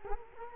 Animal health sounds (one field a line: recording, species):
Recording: mosquito wingbeat signal from an infrared sensor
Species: Culex quinquefasciatus